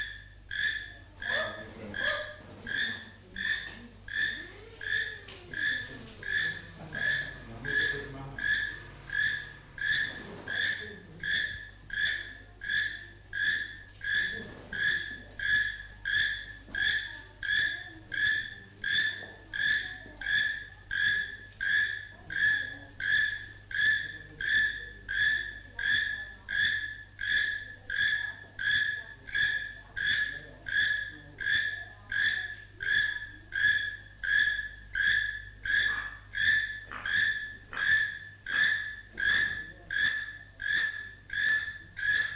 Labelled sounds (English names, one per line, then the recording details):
Keel-billed Toucan call
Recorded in captivity
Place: Tiergarten Wilhelma/Stuttgart, Baden-Württemberg, DE
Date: 2005-03-14 11:11
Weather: heiter, 4-8°C
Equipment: Sony WM-D6C, Sony ECM-MS 907, Kopie Uher 4000 Report Monitor
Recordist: Tembrock, Günter